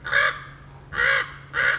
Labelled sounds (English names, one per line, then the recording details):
Common Raven
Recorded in Sonoma County, California